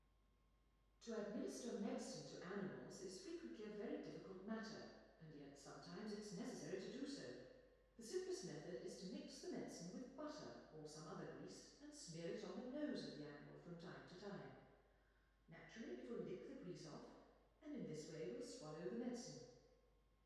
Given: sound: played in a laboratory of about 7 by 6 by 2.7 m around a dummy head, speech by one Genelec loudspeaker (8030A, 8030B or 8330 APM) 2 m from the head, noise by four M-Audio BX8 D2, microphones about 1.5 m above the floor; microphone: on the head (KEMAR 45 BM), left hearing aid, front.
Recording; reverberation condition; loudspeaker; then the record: female speech in English; high; 120 degrees to the right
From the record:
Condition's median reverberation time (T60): about 1300 ms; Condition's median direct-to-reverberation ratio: about -4.0 dB